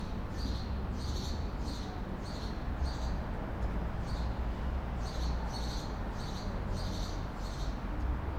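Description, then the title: Sparrow chirps, sharp high notes repeated in runs with brief pauses, over continuous low traffic rumble. Distant birdsong, mainly sparrows, heard in the evening from under a reverberant medium-sized tunnel, with traffic rumble. "GameAudioGDC. Ambience. Evening. Under a medium sized tunnel. Reverberant acoustics. Reverberant traffic rumble & car engine howl & roars. Distat birdsong, mainly sparrows. Pedestrians passing"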